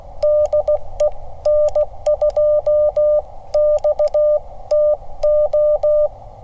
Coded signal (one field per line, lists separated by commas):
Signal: Morse code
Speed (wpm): 16 wpm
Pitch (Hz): 1200 Hz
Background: none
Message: DE N2XTO